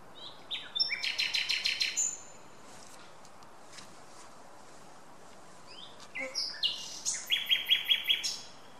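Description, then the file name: Common nightingale song: two bursts of rapid, rhythmic high notes separated by about four seconds of quiet. "Luscinia megarhynchos"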